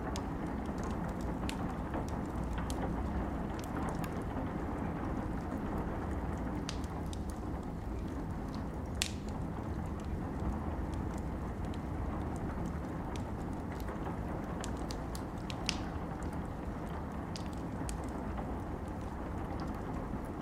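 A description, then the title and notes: A campfire crackles with scattered sharp pops, a couple louder around nine and sixteen seconds, over a steady, low rushing wind throughout. Campfire audio + wind. Campifre sounds with wind in the background.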